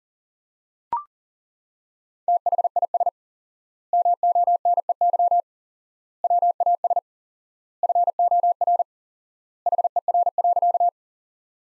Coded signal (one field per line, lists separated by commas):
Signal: Morse code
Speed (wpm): 40 wpm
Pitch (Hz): 700 Hz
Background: none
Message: THIS MONEY WAS FOR HER.